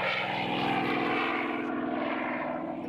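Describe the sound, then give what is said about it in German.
The propeller airplane D-Ente, piloted by Michael Jimek, takes off on a December day with a bush baby on board, its engine a steady, loud droning roar with a buzzing harmonic hum, holding strong throughout without any voices. “Doch alle Mühen sind an diesem Dezembertag vergessen, als sich die D-Ente mit Michael Jimek am Steuer in die Luft erhebt.”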